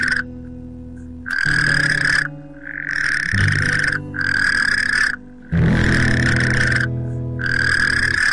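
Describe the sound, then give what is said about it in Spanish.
A toad, don Sapo, croaks in long, buzzy trills, about five loud bursts separated by short gaps, with a steady low droning tone running underneath, during heavy rain. “Hola, don Sapo.”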